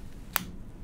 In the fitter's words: audible click you hear will indicate that the dose has been loaded